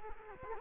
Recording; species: mosquito wingbeat signal from an infrared sensor; Culex quinquefasciatus